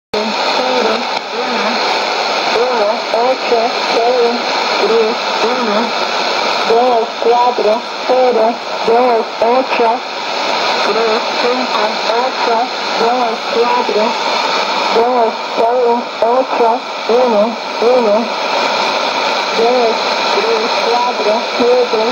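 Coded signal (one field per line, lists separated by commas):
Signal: numbers station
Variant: HM01, Spanish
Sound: voice reading short evenly spaced words through heavy shortwave static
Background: radio static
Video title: 09 09 2016 Cuban Spy Numbers HM01 in Spanish 0654 on 10345 and 9330 Bejucal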